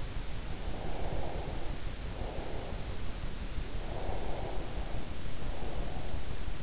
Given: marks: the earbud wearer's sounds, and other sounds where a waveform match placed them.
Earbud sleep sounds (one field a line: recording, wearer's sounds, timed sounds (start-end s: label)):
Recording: sounds in sleep by an in-ear microphone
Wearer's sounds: breath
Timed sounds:
0.74-3.19 s: breath
3.82-6.00 s: breath